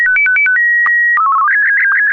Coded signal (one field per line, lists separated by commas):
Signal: SSTV (slow-scan television)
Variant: Martin 1